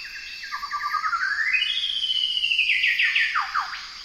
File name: golden whistler bird singing